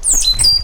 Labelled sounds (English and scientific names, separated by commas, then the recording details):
Stitchbird (Notiomystis cincta) song
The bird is a male
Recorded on Tiritiri Matangi Island, New Zealand, in 2005
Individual 12, of nest box 16